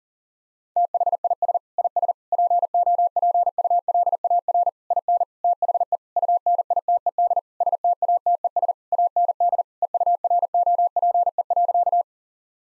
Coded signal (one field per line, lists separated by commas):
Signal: Morse code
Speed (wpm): 40 wpm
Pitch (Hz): 700 Hz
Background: none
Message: THIS IS POPULAR IN THE UNITED STATES AND EUROPE.